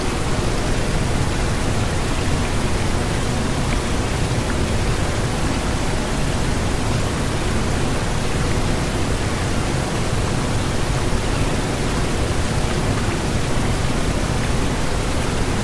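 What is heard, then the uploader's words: Brown noise, a deep, steady rush that holds the same level from start to finish with no breaks or events. The sound is weighted toward the low end, a dense rumble with a softer hiss above it, like surf held constant. Brown Noise.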